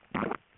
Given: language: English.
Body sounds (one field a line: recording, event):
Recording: throat vibration sensor signal played as sound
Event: swallow